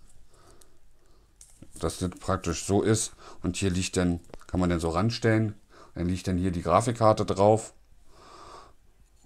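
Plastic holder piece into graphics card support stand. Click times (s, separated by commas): 0.6 s, 1.4 s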